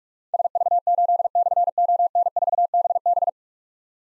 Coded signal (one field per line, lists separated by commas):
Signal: Morse code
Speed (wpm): 44 wpm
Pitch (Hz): 700 Hz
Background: none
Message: SV8/ON4BB